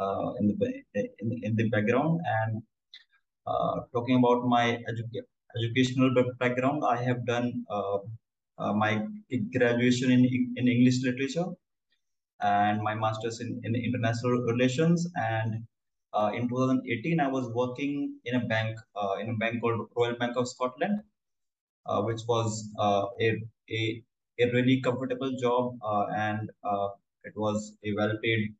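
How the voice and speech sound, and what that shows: A 26-year-old man from New Delhi, India, who stammers, speaks with frequent whole-word and phrase repetitions ("in, in", "a, a, a"), a part-word repeat ("educa-educational"), drawn-out sounds, many "uh" fillers and broken pauses. This is developmental stuttering (stammering), a fluency disorder.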